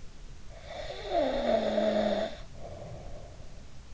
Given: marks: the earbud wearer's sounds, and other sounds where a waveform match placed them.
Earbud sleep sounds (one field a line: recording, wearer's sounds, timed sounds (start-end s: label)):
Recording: sounds in sleep by an in-ear microphone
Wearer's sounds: snoring breath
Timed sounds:
0.44-3.58 s: snoring breath